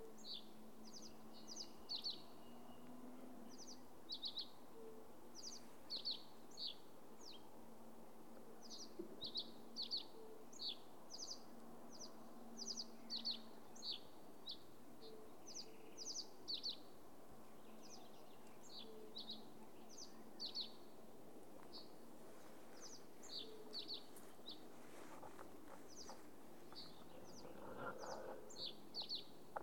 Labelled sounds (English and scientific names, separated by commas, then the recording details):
Fire-Bellied Toad (Bombina bombina) call
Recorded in the wild
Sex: male
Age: adult
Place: Bernau bei Berlin, Barnim, Brandenburg, DE
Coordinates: 52.6658, 13.6145
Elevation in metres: 77
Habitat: pond
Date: 2019-04-30 20:28
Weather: 15°C, clear, almost windless
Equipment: Zoom H4nSP
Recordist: Frommolt, Karl-Heinz